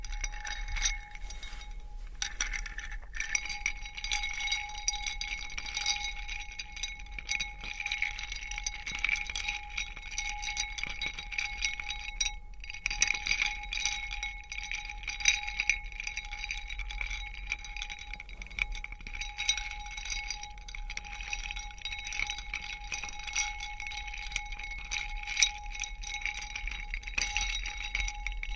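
Crystals, beads and ice-like pieces are tapped and scratched in a dense, continuous stream of bright clinks and small rattles. The glassy clicking stays busy and fairly even for the whole span, with brief pauses near 3 and 12 seconds. A steady thin tone hums underneath throughout.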